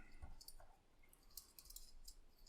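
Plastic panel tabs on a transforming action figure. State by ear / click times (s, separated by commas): not seated / none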